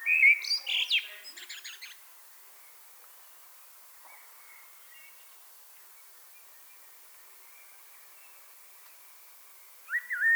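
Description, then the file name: Common blackbird delivering one rich fluted phrase with a scratchy high flourish, followed by near silence until a fresh phrase begins at the very end. "Turdus merula"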